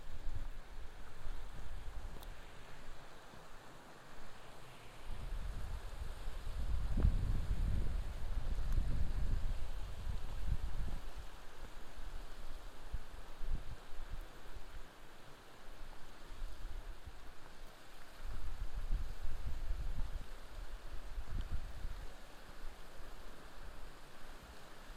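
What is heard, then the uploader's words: Wind gusts through a binaural hiking recording on the Curecanti Creek Trail, a dense, low rumble that swells and eases across the clip. The strongest buffeting comes around seven to ten seconds and again near twenty, over a steady rushing hiss like moving water. A binaural field recording of hiking the Curecanti Creek Trail near Black Canyon of the Gunnison. The recording starts near the Curecanti Needle, a 700 ft granite spire, and continues as we walked the two mile back up the ravine to the Pioneer Point overlook. It is a strenuous hike with plenty of wind noise.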